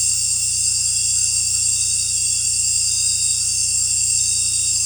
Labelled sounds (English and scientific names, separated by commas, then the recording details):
none
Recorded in dense forest near Puerto Asís, Putumayo, Colombia, on 16 December 2024 at 18:30
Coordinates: 0.467, -76.328
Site GP05